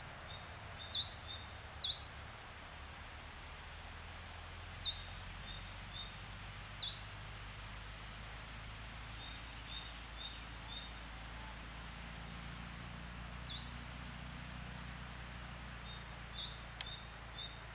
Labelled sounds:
Coal Tit song
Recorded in the wild
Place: Oberstdorf, Bayern, DE
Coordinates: 47.3661, 10.3014
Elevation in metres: 923
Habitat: mountains
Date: 1979-04-13
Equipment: Uher 4000 Report
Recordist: Tretzel, Erwin

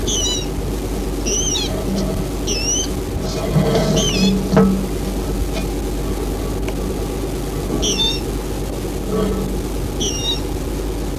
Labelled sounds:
Water Rail call
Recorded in the wild
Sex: male
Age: adult
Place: Aseleben, Eislebener Senke, Sachsen-Anhalt, DE
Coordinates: 51.4953, 11.6728
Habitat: lake
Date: 1964-04-01
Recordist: Stiefel, Arnd
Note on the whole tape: Süßer See, April 1964: Wasserralle spontan rufend in Abenddämmerung, wohl Männchen

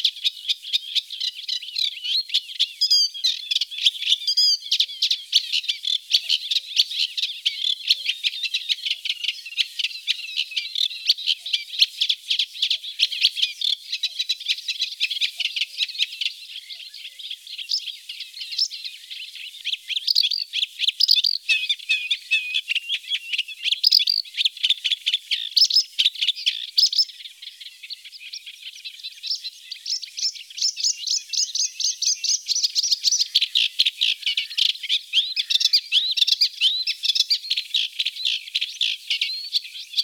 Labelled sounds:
Eurasian Reed Warbler song
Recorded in the wild
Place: Flögelner See, Schleswig-Holstein, DE
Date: 1987-05-23
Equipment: Alparon-Reflektor
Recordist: Schwarz, Dieter

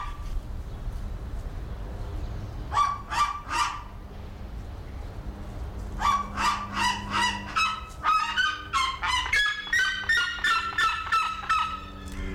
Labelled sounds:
Black-legged Seriema call
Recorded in captivity
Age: adult
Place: Zoo Berlin, Berlin, DE
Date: 1993-01-16 11:24
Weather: heiter, 10-13°C
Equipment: Marantz CP 430, Sennheiser ME 80, Kopie Uher Variocord 263
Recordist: Tembrock, Günter

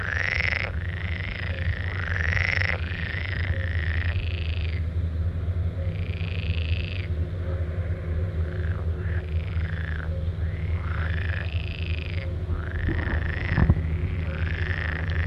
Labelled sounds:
Pool Frog call
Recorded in the wild
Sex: male
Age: adult
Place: Höhenland, OT Steinbeck, Barnim, Brandenburg, DE
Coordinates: 52.7083, 13.9231
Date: 1967-06-23
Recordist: Günther, Rainer

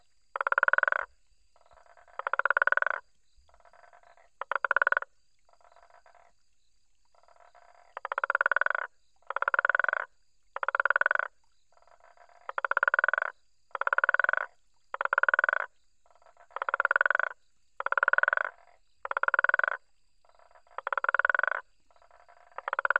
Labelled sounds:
Guttural Toad call
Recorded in the wild
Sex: male
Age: adult
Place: Hoedspruit, Marepe Lodge, ZA
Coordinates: -24.45, 30.84
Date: 1995-01-16 23:45
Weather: 21°C, nach starkem Regen
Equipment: Sony TCD-D3, Sennheiser ME 80, K 30 AV
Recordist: Gutsche, Alexander

